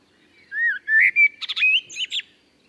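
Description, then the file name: Common blackbird song phrase: mellow flute-like whistles sliding up and down, then a quick run of higher squeaky twitters at the end. "Turdus merula"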